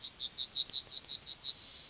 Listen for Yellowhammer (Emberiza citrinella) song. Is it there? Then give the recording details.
yes. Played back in forest. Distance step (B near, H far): B. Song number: 142